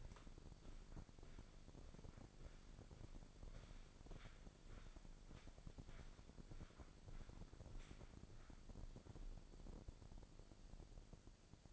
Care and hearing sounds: daily activity, microphone in the room; walk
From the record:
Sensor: 5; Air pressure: 1009.4 hPa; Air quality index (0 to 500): 146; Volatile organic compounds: 2 ppm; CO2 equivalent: 1130 ppm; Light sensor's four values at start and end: 355/847/364/406 and 354/845/363/405

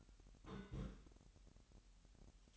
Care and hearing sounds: daily activity, microphone in the room; place on stove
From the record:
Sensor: 3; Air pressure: 1001.9 hPa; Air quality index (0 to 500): 245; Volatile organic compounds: 47 ppm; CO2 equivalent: 3251 ppm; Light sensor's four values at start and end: 6/15/6/6 and 6/15/6/6

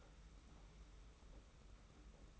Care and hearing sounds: daily activity, microphone in the room; take from stove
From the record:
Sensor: 1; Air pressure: 991.1 hPa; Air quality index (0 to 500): 92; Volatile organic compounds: 34 ppm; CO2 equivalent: 3040 ppm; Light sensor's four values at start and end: 36/115/45/47 and 36/116/45/47

